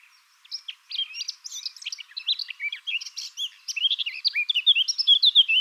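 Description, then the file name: Eurasian blackcap song: a dense, hurried jumble of high chirps, trills and whistled notes, building in loudness and pace throughout. "Sylvia atricapilla"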